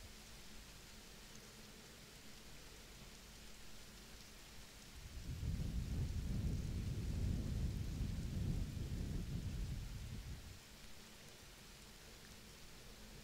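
Steady rain-like white noise hisses throughout, with a soft, rumbling burst of blowing swelling from about five to ten seconds.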